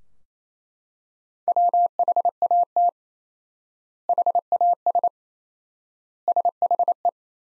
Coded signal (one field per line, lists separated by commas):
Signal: Morse code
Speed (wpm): 28 wpm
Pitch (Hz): 700 Hz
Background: none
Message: WHAT HAS SHE